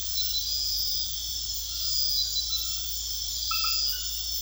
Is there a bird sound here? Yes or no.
no